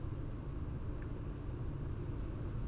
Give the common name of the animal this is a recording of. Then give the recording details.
Song Thrush. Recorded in Germany. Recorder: ecoPi